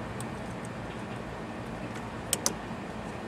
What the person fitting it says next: Okay, snaps in place there.